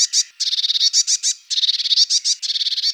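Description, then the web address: Eurasian blue tit giving rapid runs of high notes in quick bursts separated by short pauses. "Parus caeruleus"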